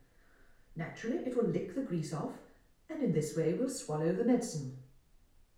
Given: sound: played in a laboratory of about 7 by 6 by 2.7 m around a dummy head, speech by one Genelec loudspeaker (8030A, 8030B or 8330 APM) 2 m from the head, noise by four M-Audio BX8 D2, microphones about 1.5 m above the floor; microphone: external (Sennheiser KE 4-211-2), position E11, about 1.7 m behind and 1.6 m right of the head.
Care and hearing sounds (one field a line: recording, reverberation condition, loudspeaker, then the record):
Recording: female speech in English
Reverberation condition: medium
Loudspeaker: in front (0 degrees)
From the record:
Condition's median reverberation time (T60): about 510 ms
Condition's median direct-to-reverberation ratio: about -0.5 dB